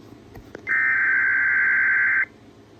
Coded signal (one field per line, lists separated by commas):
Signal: Emergency Alert System (SAME) tones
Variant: header bursts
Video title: Child Abduction Emergency [EAS #567]